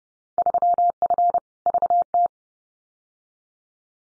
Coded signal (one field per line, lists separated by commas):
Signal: Morse code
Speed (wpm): 30 wpm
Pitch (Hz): 700 Hz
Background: none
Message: 3F VT